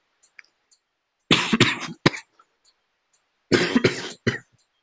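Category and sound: human body sound, coughing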